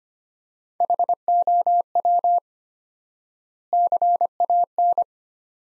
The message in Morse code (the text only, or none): HOW CAN